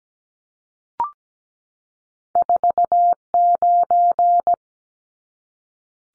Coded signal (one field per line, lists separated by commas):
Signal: Morse code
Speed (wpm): 17 wpm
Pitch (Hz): 700 Hz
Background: none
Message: 49